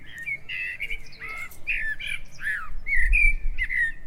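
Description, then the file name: Common blackbird giving a rapid run of harsh, squawky call notes, several per second, over a steady low background rumble. "Turdus merula"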